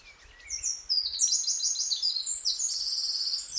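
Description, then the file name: Eurasian wren singing a fast, ringing series of very high trills, continuous from about half a second on. "Troglodytes troglodytes"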